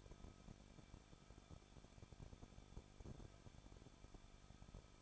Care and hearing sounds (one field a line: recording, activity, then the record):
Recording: daily activity, microphone in the room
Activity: no activity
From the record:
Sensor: 5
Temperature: 20.8 degrees Celsius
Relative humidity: 38.4%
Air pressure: 1006.4 hPa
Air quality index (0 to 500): 189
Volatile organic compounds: 19 ppm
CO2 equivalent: 2668 ppm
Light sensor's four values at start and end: 2/3/1/1 and 2/3/1/1